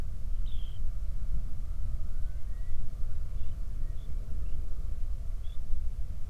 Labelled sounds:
bird, wind, man-made sound
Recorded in the Prudhoe Bay oil fields, Alaska, on 31 July 2019 at 07:43
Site 24

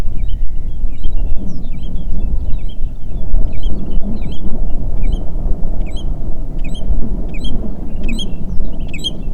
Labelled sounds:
bird, wind
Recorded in the Prudhoe Bay oil fields, Alaska, on 8 June 2019 at 05:25
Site 30

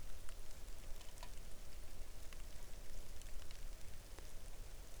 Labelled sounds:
bird, rain
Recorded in the Arctic National Wildlife Refuge, Alaska, on 3 August 2019 at 09:40
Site 41

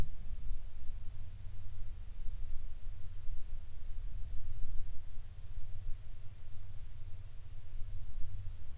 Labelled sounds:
wind
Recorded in the Arctic National Wildlife Refuge, Alaska, on 31 July 2019 at 14:17
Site 40

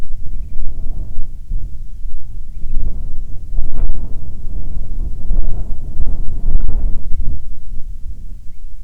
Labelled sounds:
bird, wind
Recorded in the Arctic National Wildlife Refuge, Alaska, on 9 July 2019 at 21:47
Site 48

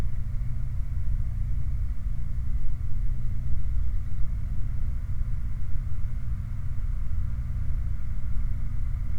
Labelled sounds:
machinery, flare stack
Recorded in the Prudhoe Bay oil fields, Alaska, on 8 July 2019 at 00:47
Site 29

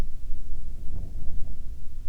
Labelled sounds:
songbird, wind
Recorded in the Prudhoe Bay oil fields, Alaska, on 7 August 2019 at 13:59
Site 17

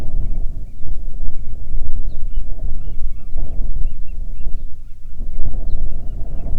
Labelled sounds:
waterfowl, wind
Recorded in the Arctic National Wildlife Refuge, Alaska, on 9 July 2019 at 22:40
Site 48

